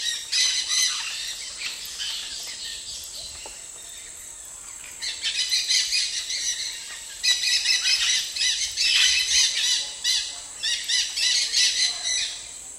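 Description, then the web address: Dusky-headed parakeet calls: harsh, screechy squawks in dense overlapping bursts, a short phrase early then near-continuous chattering from about five seconds on, over a steady high hiss. Eastern lowlands of South America. "Natures Songs S America Eastern Lowlands. Dusky-headed Parakeet"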